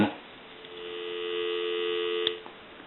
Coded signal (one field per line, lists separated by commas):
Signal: telephone call progress tone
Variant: North America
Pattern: dial tone